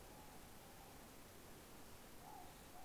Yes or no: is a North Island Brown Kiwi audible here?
no